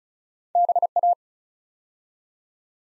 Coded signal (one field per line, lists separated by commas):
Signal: Morse code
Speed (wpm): 36 wpm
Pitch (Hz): 700 Hz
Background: none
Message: BA